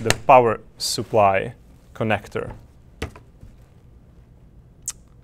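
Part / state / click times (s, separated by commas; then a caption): Y-axis stepper motor into 3D printer frame mount / seated / 4.9 s. A Y-axis stepper motor is pressed, pulley facing down, into its mount in a 3D printer frame just below the power supply connector while someone talks. After softer taps near 3.0 and 3.2 seconds, a sharp snap at 4.9 seconds marks the motor seating in place.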